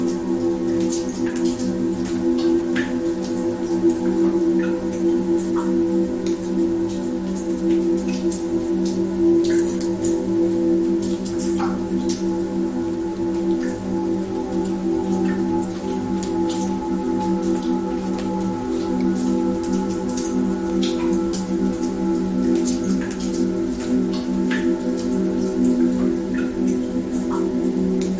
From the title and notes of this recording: The Mysterious and Beautiful Sounds of Water Droplets Falling and Music.